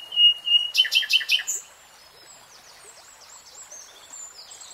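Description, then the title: Nightingale song: a pure whistled note repeated several times, then a burst of rapid loud clicking notes, followed by softer high twittering phrases. From a three-hour real-time recording. "[Tiếng chim hót] Nightingale Singing"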